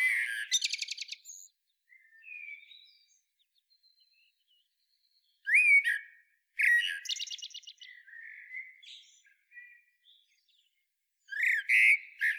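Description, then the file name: Common blackbird singing rich warbled phrases with rapid high chatter, separated by pauses and faint soft twittering. "Turdus merula"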